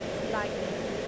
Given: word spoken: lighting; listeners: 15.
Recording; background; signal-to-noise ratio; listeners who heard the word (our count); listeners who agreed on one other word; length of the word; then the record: one English word in noise, from a listening test; speech-shaped noise; -5.0 dB; 0 of 15; 10 of 15; 0.68 s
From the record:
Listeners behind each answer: 10, 3, 1, 1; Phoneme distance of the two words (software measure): 7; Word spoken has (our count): 2 syllables, 5 phonemes, stress on syllable 1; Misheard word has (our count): 2 syllables, 6 phonemes, stress on syllable 1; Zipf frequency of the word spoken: 4.00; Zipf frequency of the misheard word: 2.81